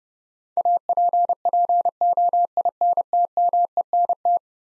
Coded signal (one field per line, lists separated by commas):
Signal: Morse code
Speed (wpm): 30 wpm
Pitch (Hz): 700 Hz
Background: none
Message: APPOINTMENT